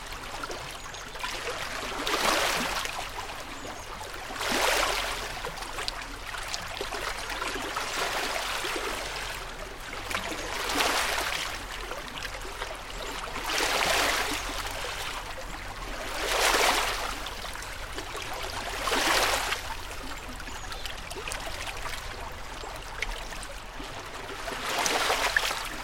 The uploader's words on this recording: Waves recorded on the shores of Georgian Bay at Awenda Provincial Park. The waves are restful - recorded as a wide soundfield. Recorded by Anton Pickard.